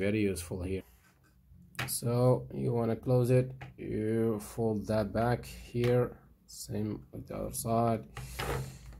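Someone talks while folding back the fold-out side panel of a small plastic bit storage case from a Jakemy 180-in-1 screwdriver set to close it. There are soft handling sounds under the voice, and nothing has seated or clicked yet when the clip ends.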